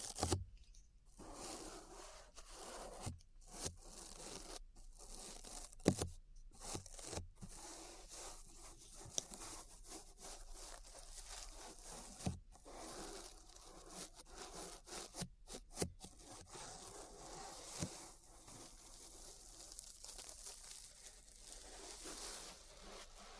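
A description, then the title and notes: Ear brushing fills the clip with a soft, steady scratchy rustle, broken by brief silent gaps and occasional sharper scraping strokes. ASMR Relaxing 3Dio Ear Brushing (No Talking).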